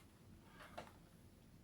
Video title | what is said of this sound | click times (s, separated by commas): The Mandalorian’s N-1 Starfighter Unboxing and Review | pops right in there okay | 0.8 s